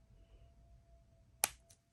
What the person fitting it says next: that snaps into place.